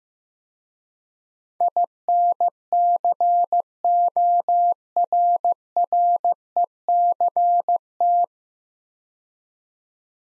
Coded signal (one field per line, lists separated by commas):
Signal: Morse code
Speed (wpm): 15 wpm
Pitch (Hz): 700 Hz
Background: none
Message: INCORRECT